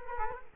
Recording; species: mosquito wingbeat signal from an infrared sensor; Culex quinquefasciatus